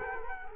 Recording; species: mosquito wingbeat signal from an infrared sensor; Culex quinquefasciatus